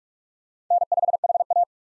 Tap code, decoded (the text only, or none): none